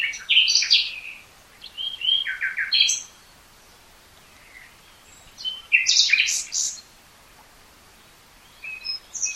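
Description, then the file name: Common nightingale song in two bursts of varied chirps separated by a pause, with a brief phrase at the end. "Luscinia megarhynchos"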